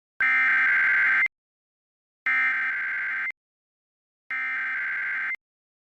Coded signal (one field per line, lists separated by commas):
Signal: Emergency Alert System (SAME) tones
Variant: header bursts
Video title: Required WEEKLY TESTS - NO EAS